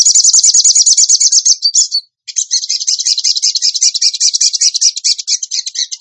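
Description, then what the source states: Bird singing a fast, high, rattling trill that breaks off briefly near two seconds and then resumes as a long, uneven chattering run. Masteran training recording for songbirds, in the gacor tembakan song style.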